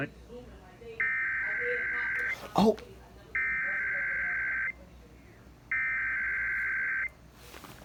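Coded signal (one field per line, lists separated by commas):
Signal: Emergency Alert System (SAME) tones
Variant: header bursts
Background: speech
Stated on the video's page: Required Monthly Test on WABC 770 AM, originated by the station, transmitter in Manhattan, serving NYC metro and part of New Jersey.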